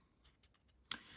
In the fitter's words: there is a little rib right on there you can see which helps these uh Wings click in place